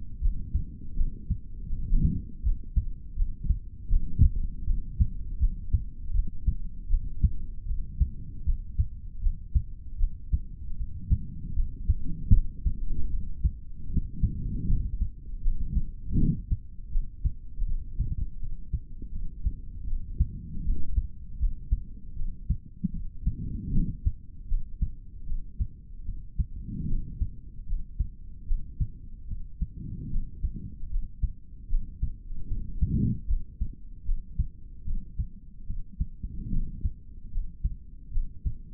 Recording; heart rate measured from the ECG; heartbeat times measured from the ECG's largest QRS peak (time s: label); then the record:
heart sounds by stethoscope; 78 bpm
0.20 s: heartbeat
0.94 s: heartbeat
1.69 s: heartbeat
2.42 s: heartbeat
3.15 s: heartbeat
3.89 s: heartbeat
4.65 s: heartbeat
5.39 s: heartbeat
6.13 s: heartbeat
6.88 s: heartbeat
7.66 s: heartbeat
8.44 s: heartbeat
9.21 s: heartbeat
9.98 s: heartbeat
10.76 s: heartbeat
11.54 s: heartbeat
12.31 s: heartbeat
13.09 s: heartbeat
13.88 s: heartbeat
14.67 s: heartbeat
15.42 s: heartbeat
16.16 s: heartbeat
16.90 s: heartbeat
17.65 s: heartbeat
18.39 s: heartbeat
19.11 s: heartbeat
19.87 s: heartbeat
20.64 s: heartbeat
21.39 s: heartbeat
22.15 s: heartbeat
22.92 s: heartbeat
23.71 s: heartbeat
24.48 s: heartbeat
25.25 s: heartbeat
26.05 s: heartbeat
26.87 s: heartbeat
27.66 s: heartbeat
28.46 s: heartbeat
29.27 s: heartbeat
30.09 s: heartbeat
30.89 s: heartbeat
31.68 s: heartbeat
32.47 s: heartbeat
33.27 s: heartbeat
34.04 s: heartbeat
34.84 s: heartbeat
35.66 s: heartbeat
36.50 s: heartbeat
37.31 s: heartbeat
38.11 s: heartbeat
From the record:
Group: healthy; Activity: rest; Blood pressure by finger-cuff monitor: 89/55 mmHg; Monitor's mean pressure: 68 mmHg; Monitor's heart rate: 78 bpm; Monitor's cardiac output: 4.3 L/min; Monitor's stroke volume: 56 mL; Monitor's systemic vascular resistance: 1110 dyn s/cm5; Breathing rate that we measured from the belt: 19 breaths a minute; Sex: male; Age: 55 years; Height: 167 cm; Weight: 57.2 kg